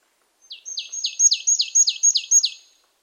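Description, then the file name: Marsh tit: eight or so crisp, downslurred high notes in an even, rapid series, roughly three or four per second, with a thin steady whistle above. "Poecile palustris"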